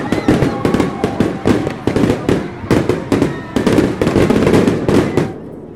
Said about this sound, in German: Ein Feuerwerk zerplatzt am Himmel. Höhepunkt des Abends.